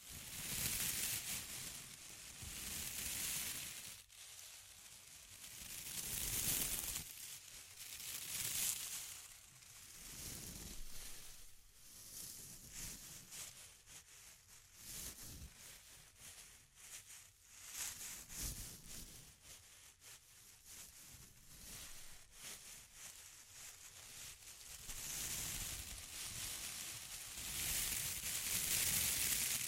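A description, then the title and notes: Intense crinkling plays up close, a dense, crackling rustle that swells and eases in irregular waves throughout. The sound is bright and sharp, with louder bursts near the start, around six to nine seconds, and again in the final few seconds. ASMR Intense Close-Up Crinkles (No Talking).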